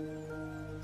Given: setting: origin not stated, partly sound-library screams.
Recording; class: one-second piece from a danger detection set; normal situation